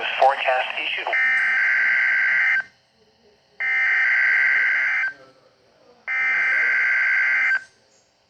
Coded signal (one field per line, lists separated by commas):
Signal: Emergency Alert System (SAME) tones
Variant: header bursts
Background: speech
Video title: Required Weekly Test on KHB-32 (EAS #84)